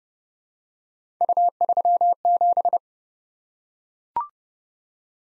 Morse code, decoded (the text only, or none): U37